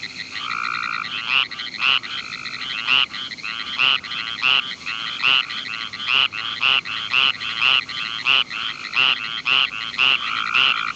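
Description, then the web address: Tree frog calling in a fast series of short pulsed notes, with a steady lower tone at the start and end. "frogs Family Hylidae"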